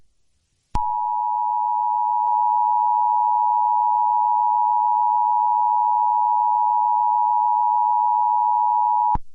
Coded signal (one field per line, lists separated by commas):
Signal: Emergency Alert System (SAME) tones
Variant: 853 and 960 Hz attention tone